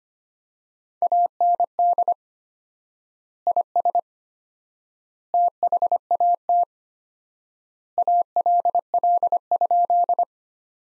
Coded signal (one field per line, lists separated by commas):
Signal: Morse code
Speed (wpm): 25 wpm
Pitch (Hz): 700 Hz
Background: none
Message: AND IS THAT ALL?